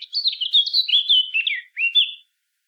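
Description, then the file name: Eurasian blackcap song, a rapid jumble of warbling, whistled notes pitched high, running almost two seconds with a short break before a final rising phrase. "Sylvia atricapilla"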